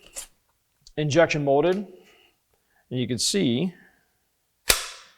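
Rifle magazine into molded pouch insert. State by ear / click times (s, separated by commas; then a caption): seated / 4.7 s. Someone talks while a rifle magazine is pressed into the injection-molded MP2 plastic retention insert of an HSP mag pouch. A loud, sharp click rings out at 4.7 s, and then it fades. The magazine is seated, clicked onto the insert's index point.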